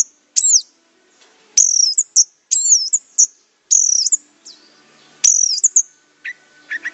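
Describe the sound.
Orange-headed thrush song: loud, high phrases that swoop down and loop back up, repeated several times, then softer lower chirps at the end.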